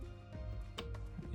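The upper SO-DIMM memory module of a 2012 MacBook Pro is inserted at an angle into its laptop motherboard slot and pressed down, with music playing underneath. A sharp click at 0.8 s, followed by a fainter tick at about 0.95 s, marks the second RAM module seating correctly in the slot.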